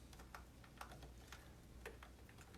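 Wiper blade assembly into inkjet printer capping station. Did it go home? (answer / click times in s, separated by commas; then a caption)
no / none. A cleaned plastic wiper blade assembly is being worked back into the capping station of an Epson P600 inkjet printer. Small sharp plastic ticks and knocks are heard at about 0.4, 0.8, 1.3, 1.9 and 2.0 seconds over a low steady hum. The assembly is handled but not yet home, and nothing has seated or clicked into place yet.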